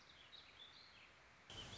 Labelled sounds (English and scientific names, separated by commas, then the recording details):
Warbling Vireo (Vireo gilvus)
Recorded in Sonoma County, California